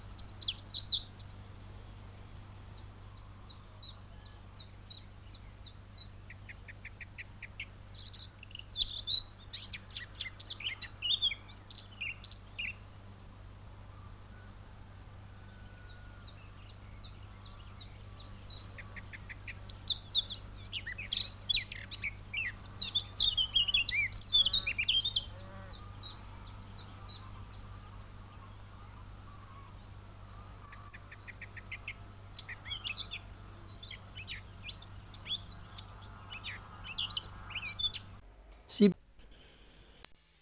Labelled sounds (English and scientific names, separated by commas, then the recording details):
Eurasian Blackcap (Sylvia atricapilla) song
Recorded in the wild
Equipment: Hornyphon Bandgerät, Phillips Mikrofon Type EL 6020
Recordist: Brunner, Thomas
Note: Mönchsgrasmücke, Gesang. Im Frühjahr 1966. Oberhalb des Durnahauses